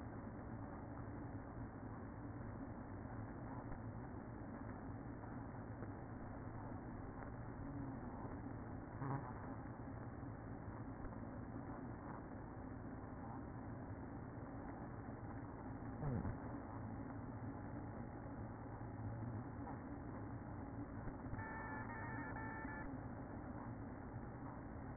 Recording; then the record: honeybee colony, microphone inside the hive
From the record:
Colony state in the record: queen present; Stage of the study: after two queens were removed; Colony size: about 60,000 bees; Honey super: yes